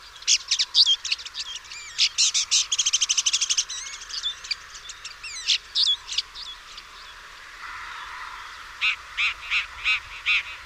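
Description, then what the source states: Bird song starting with rapid trills and buzzy chirps, then scattered notes, ending with a series of evenly spaced sharp chirps. Chirping bird song meant for training pet birds.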